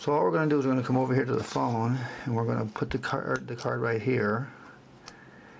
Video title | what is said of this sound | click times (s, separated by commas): Windows Phone Adding SD Card to a Lumia 822 | And you'll hear it snap in a little bit there. | 5.1 s